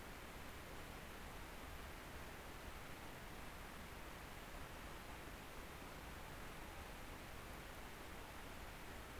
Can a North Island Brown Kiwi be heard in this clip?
no